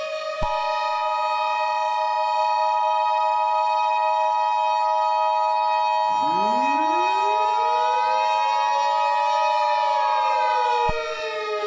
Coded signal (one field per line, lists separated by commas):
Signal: Emergency Alert System (SAME) tones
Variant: 853 and 960 Hz attention tone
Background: music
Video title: EAS Scenarios #2 - 2020: Chapter Two